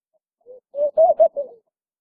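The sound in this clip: Laughing dove cooing: a single soft, low phrase of about five bubbling coos that rises slightly in the middle and then falls away.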